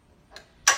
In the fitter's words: you'll hear it click into place and then tighten up that knob to the right okay bars